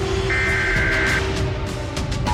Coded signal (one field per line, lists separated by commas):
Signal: Emergency Alert System (SAME) tones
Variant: header bursts